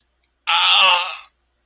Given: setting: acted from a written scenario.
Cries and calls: vocal sound without words; pain

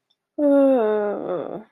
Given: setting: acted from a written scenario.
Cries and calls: vocal sound without words; sadness

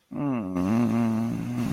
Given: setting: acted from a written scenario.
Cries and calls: vocal sound without words; serenity

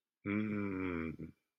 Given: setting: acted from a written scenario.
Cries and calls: vocal sound without words; ecstasy

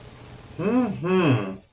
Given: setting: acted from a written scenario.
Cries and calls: vocal sound without words; desire

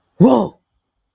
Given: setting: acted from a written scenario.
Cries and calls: vocal sound without words; negative surprise

